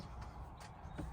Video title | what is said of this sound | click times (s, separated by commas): Camper 67 Show Round | We're going to lift it again, push it all the way around, and when it's done, it's going to click into place. | 1.0 s